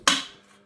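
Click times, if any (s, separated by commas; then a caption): 0.1 s. A leg of a Weber Master Class barbecue is pushed down into its socket on the frame, past a small lip underneath. A single sharp, bright click lands at 0.1 s and fades over about half a second. The leg is seated and locked in place.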